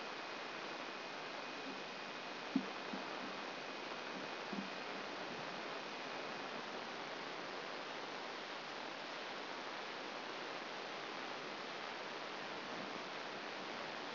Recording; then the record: brain microelectrode recording played as sound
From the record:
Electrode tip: outside the subthalamic nucleus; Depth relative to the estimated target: 3 mm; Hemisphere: right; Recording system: AlphaMap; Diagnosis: Parkinson's disease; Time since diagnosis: 11 years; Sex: female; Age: 60 years